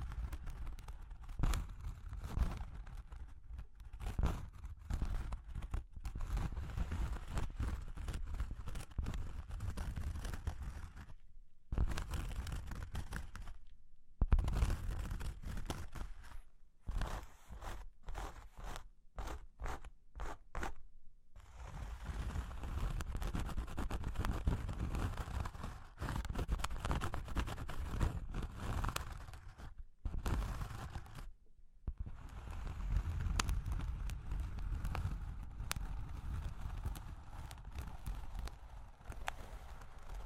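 Tapping, scratching and tracing on cork and wood, heard as dense runs of dry scraping broken by short silences near 11, 14, 17, 21, 30 and 32 seconds. Between the gaps, quick uneven taps and clicks sit over a soft, low rubbing.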